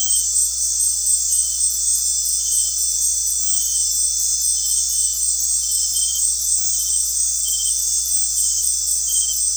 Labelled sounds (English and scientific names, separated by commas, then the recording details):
none
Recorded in dense forest near Puerto Asís, Putumayo, Colombia, on 8 March 2025 at 19:00
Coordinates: 0.503, -76.323
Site GP09